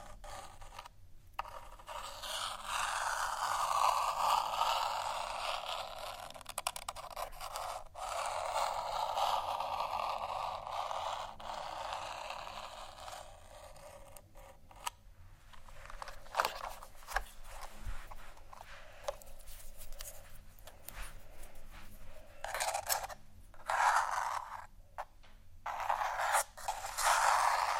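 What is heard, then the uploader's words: Scratching sounds with occasional taps, a dry rasping texture that comes in long continuous stretches, strongest through the first ten seconds and again near the end. Quieter, choppier passages around the middle break it up, with short sharp clicks scattered throughout. ASMR Scratch & Tap For Your Nap（No Talking）.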